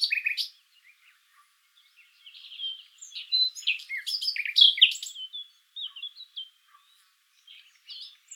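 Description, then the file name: Common nightingale song: a jumble of varied chirps, whistles and sharp notes, loudest in the middle, with brief pauses between the phrases. "Luscinia megarhynchos"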